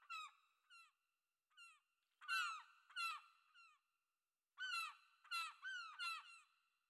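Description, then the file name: Gull calls: nasal yelps, some soft and some loud, coming in clusters with short pauses between them. "NH Env Seagull"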